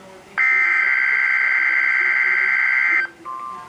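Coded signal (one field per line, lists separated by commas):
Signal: Emergency Alert System (SAME) tones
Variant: header bursts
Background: speech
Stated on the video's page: Tornado watch, particularly dangerous situation.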